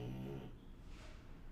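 A brief low, rumbling snore from a sleeping dog, then quiet room noise.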